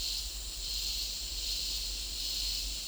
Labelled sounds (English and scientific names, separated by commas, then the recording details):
none
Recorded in dense forest near Puerto Asís, Putumayo, Colombia, on 4 March 2025 at 15:00
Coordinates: 0.499, -76.324
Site GP03